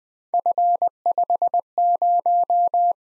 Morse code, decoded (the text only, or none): F50